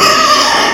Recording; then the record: squeal of a Yucatan mini pig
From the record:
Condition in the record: before surgery on the right vocal fold (resection and tissue-engineered implant); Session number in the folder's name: 2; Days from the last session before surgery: 0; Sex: male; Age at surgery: 12 weeks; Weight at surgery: 13 kg